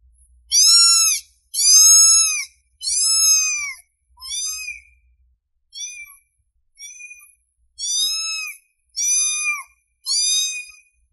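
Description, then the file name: Domestic cat meowing repeatedly: three strong, curved meows, a few short quiet ones, then another strong series. Cute cat meowing. "Tieng meo keu de thuong"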